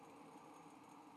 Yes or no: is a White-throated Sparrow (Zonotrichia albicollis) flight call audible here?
no